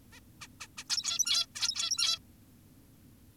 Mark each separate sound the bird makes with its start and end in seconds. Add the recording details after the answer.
0.12-0.20, 0.41-0.48, 0.61-0.67, 0.78-0.84, 0.90-1.46, 1.56-2.19. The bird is an adult. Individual g17y2U